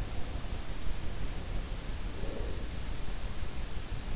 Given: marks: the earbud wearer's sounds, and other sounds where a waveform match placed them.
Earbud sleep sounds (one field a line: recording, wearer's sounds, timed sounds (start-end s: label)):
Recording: sounds in sleep by an in-ear microphone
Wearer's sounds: breath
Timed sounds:
1.61-3.02 s: breath